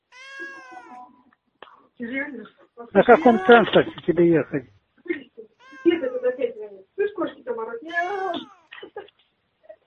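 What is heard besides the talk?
cat meowing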